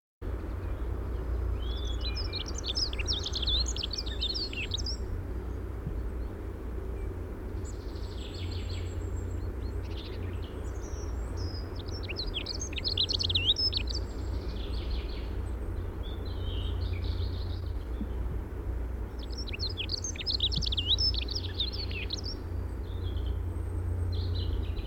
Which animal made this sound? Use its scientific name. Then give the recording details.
Prunella modularis. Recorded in the wild. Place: Ralswiek, Insel Rügen, Mecklenburg-Vorpommern, DE. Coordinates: 54.475, 13.446. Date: 1972-04-09. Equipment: Nagra III BH, Sennheiser MD 21, parabola. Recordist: Schubert, Michael. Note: voller Gesang Heckenbraunelle